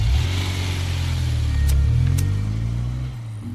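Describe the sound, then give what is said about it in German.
An Audi car pulls away, its deep engine droning steadily, revving up briefly midway, then the low rumble drops off toward the end. No voices are heard. “Schöner Wagen. Den Audi meine ich nicht.”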